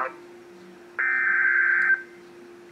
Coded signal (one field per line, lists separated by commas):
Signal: Emergency Alert System (SAME) tones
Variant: header bursts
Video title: Flash Flood Warning on KEC55 (EAS #1124)